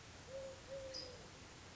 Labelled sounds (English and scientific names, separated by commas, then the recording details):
Eurasian Collared Dove (Streptopelia decaocto)
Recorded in Sonoma County, California